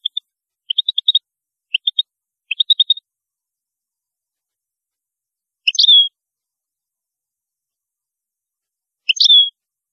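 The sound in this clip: European goldfinch: short high chirps in a few small groups, then two louder slurred twittering notes a few seconds apart.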